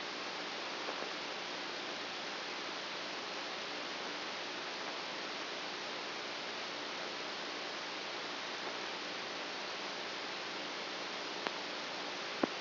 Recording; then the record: brain microelectrode recording played as sound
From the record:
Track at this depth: inside the subthalamic nucleus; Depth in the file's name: 3.002 mm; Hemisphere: right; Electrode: 2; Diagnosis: Parkinson's disease